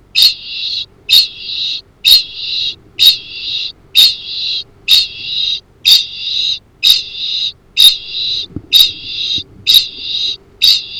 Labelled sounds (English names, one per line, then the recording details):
Kākāpō ching call
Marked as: faintness 1/5
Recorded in New Zealand
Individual Arab